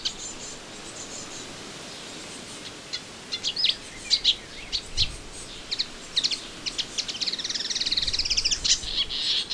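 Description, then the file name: Melodious warbler song: scattered high chips building into a fast, continuous chattering warble toward the end. Recorded in a garden on 25 June 2017. "Orpheusspötter 2017 06 25 Garten"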